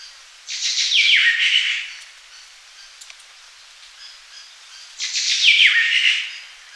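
Malia call: two rasping, descending squeals, each a little over a second long, separated by a few seconds of quiet.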